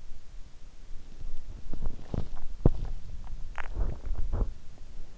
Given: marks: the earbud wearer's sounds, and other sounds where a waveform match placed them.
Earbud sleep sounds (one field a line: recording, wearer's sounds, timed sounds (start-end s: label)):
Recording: sounds in sleep by an in-ear microphone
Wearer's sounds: swallowing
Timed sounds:
0.92-5.18 s: swallowing